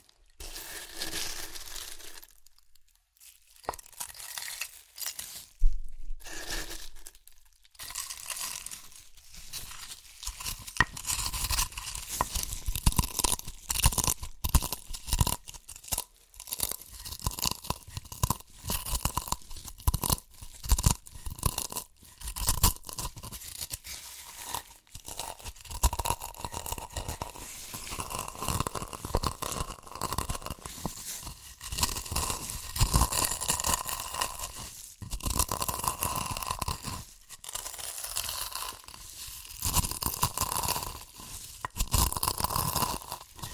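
Crunchy chips being crushed and eaten, with dense, rapid crackling bites that run almost without pause after a few sparse snaps in the first seconds. The crunching is bright and sharp, rising and falling in bursts, with brief lulls near 5 and 37 seconds.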